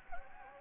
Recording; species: mosquito wingbeat signal from an infrared sensor; Anopheles gambiae